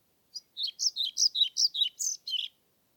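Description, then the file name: European Pied Flycatcher singing one clear phrase of about ten high, sweet notes delivered briskly over two seconds, with no other sounds. Submitted recording from Nordvik, dated 25 May 2021, made with a Zoom recorder. "20210525 svarthvit nordvik zoom"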